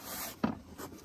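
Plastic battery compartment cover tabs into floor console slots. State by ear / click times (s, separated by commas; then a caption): not seated / none. Plastic tabs of the floor or console cover over the battery compartment of a Citroen Jumper, Peugeot Boxer, Fiat Ducato or Promaster van are being pushed toward their slots, with soft rubbing handling noise, a short knock at 0.4 s and a sharper one at 1.1 s. Nothing has seated or clicked yet; the cover is still being handled.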